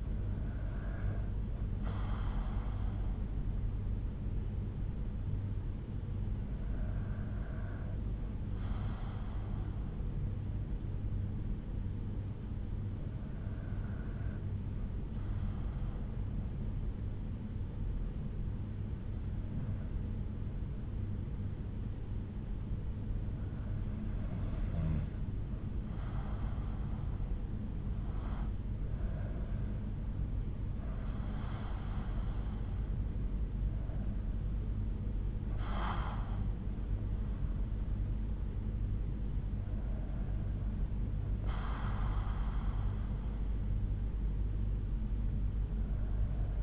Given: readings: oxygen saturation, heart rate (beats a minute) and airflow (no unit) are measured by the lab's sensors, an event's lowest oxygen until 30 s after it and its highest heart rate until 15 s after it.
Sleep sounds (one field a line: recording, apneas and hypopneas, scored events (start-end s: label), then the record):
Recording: breathing in sleep by a smartphone at the bedside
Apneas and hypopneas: 1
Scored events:
5.00-27.50 s: hypopnea (N2, oxygen 95% highest, then 92% lowest, heart rate 59 at the start, 69 highest)
From the record:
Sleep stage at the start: N2 (light sleep)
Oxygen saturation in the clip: 92 to 95%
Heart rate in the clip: 58 to 69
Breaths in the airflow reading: 8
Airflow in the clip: -8.5 to 7.2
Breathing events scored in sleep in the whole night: 368 in 8.0 hours asleep